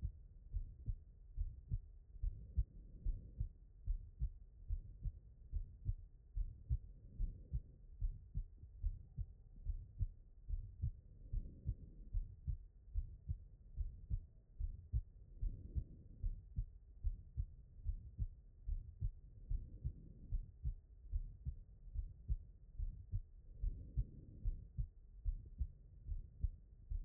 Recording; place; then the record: heart sounds by stethoscope; pulmonary valve (PV)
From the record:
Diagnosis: non-HFrEF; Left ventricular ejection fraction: 56%